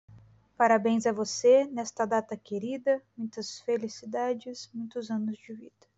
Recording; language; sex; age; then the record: short text; Brazilian Portuguese; female; 20 to 29 years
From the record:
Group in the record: control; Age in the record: 27 years